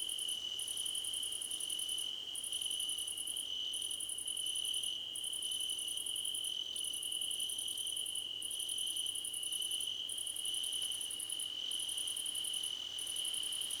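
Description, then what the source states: Cricket chorus with a continuous shrill tone and bursts of fast, very high chirps separated by short regular gaps. Crickets chirping together, described as a choir competition.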